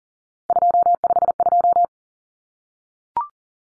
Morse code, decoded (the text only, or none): 252